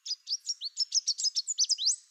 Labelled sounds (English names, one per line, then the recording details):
Chestnut-capped Warbler song
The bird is a male
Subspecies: delattrii
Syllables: 13
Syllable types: 11
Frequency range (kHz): 2.9-8.1 kHz
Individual CR-SBOG-M